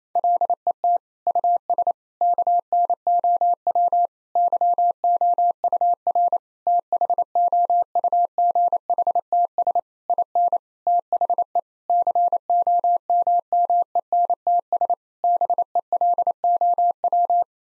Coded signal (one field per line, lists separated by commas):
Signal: Morse code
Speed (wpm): 27 wpm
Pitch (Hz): 700 Hz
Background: none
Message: LET US KNOW YOUR THOUGHTS IN THE COMMENTS BELOW